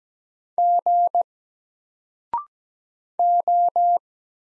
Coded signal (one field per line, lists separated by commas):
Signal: Morse code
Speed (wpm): 17 wpm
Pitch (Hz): 700 Hz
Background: none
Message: G O